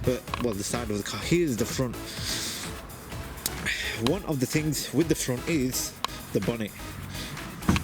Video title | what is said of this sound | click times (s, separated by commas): PROBLEMS With My Honda Accord Type R: What Did I Uncover??? | needs a new latch because it doesn't latch on as you can see | none